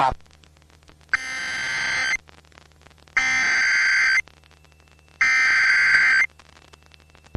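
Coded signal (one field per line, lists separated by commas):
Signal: Emergency Alert System (SAME) tones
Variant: header bursts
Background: speech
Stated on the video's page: Flood Warning for Athens, Ohio, aired on an FM station.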